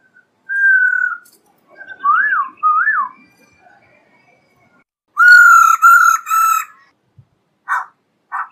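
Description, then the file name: Black-throated laughingthrush song: a long clear whistled note, two quick rising-and-falling whistles, then harsh, buzzy, harmonic-rich phrases and short sharp notes. Female bird singing. "Tieng khuou bac ma mai hot"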